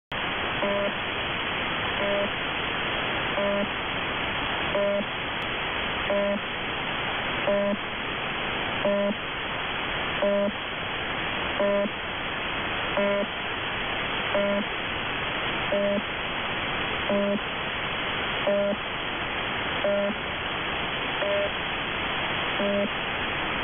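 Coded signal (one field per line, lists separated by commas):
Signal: channel marker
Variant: UVB-76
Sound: short harmonic buzzes of about 0.3 s, repeating roughly every 1.4 seconds, in hiss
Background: radio static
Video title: 4625 kHz, Russian 'Buzzer', UVB-76, has new sound. It sounds cheap.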